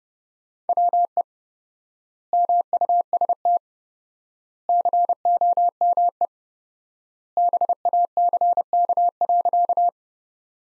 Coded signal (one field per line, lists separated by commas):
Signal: Morse code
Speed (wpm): 30 wpm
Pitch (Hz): 700 Hz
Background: none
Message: WE MUST COME BACK.